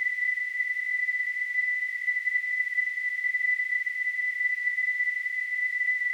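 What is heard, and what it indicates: A steady, high-pitched tone around 2 kHz, wrapped in a soft hiss, holds unchanged for about six seconds. It is a simulation of tinnitus, the constant ringing or whistling that a person with tinnitus hears in the ears.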